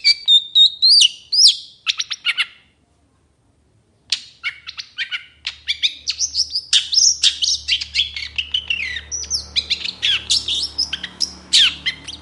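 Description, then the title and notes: Long-tailed shrike song, a rapid varied run of high chirps, trills and sharp whistled notes, with a brief pause before the busy stream resumes; faint low hum underneath. Morning song of a strongly singing cendet, varied 'toet toet' notes, played as a lure to prompt reluctant, stalled or stressed cendet birds to start singing. "Cendet Gacor Dor Di Kala Pagi Toet Toet Variasi Suara. PANCINGAN CENDET MALAS BUNYI CENDET MACET CENDET STRESS. Burung cendet"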